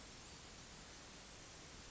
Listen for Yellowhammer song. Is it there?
no